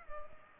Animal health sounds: mosquito wingbeat signal from an infrared sensor; Culex pipiens

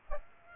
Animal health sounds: mosquito wingbeat signal from an infrared sensor; Aedes aegypti

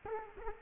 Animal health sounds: mosquito wingbeat signal from an infrared sensor; Culex quinquefasciatus

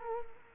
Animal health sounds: mosquito wingbeat signal from an infrared sensor; Culex quinquefasciatus

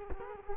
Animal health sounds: mosquito wingbeat signal from an infrared sensor; Culex quinquefasciatus

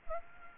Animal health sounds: mosquito wingbeat signal from an infrared sensor; Aedes aegypti

